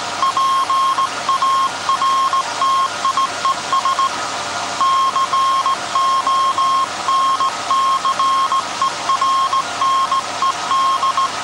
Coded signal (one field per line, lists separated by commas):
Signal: Morse code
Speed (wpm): 17 wpm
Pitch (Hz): 1070 Hz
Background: none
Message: PARTIES CONCERNED